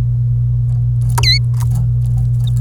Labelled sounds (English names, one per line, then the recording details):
Domestic Canary song
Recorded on 25 April 2018 at 16:31
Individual llb3